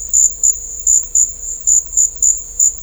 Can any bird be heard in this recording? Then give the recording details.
no. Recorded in dense forest near Puerto Asís, Putumayo, Colombia, on 21 December 2024 at 13:30. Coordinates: 0.500, -76.322. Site G053